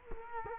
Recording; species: mosquito wingbeat signal from an infrared sensor; Culex quinquefasciatus